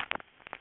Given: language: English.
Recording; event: throat vibration sensor signal played as sound; swallow